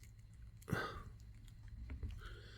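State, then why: Not seated. A detached plastic leg is pushed back into the hip joint of a Teenage Mutant Ninja Turtles IDW Shredder action figure by BST AXN (The Loyal Subjects). A short scraping, rustling burst is heard at about 0.7 s, followed by faint light ticks near 1.5, 1.9 and 2.1 s. The leg has not snapped on and nothing has clicked into place.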